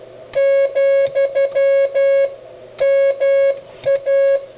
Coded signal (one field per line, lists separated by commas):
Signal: Morse code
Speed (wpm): 12 wpm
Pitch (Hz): 550 Hz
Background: music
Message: , MA